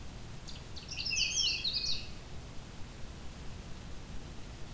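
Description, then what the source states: Canada warbler song: a single rapid, tumbling phrase of bright high chips and slurred notes, about a second and a half long, against constant hiss. On territory in late June, in a swamp with aspen, birch, cedars and low growing trees.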